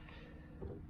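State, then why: Not seated. A steel locking hitch pin is handled at a cultivator hitch, giving low, muffled metal handling noise with a slightly louder bump near 0.6 s. The pin has not locked into place yet; nothing has seated.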